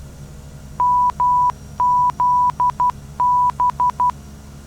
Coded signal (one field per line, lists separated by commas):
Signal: Morse code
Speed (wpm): 12 wpm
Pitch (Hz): 990 Hz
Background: none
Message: MZB